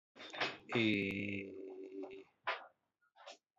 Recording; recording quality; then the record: sustained vowel as in made; excellent, no background noise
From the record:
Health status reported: COVID-19 positive, mild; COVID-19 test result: positive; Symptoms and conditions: fever, loss of smell and taste, diabetes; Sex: male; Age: 47 years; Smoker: not ticked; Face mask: not worn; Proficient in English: yes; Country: India